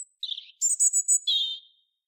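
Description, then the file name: European robin song: a thin high note, a short warble, four rapid very high notes, then a sustained whistled note fading away. "Erithacus rubecula"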